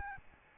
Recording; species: mosquito wingbeat signal from an infrared sensor; Aedes albopictus